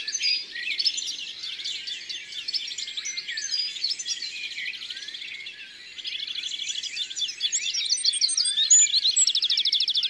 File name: Chardonneret elegant Concerts Naturels de la Drome Studio les Trois Becs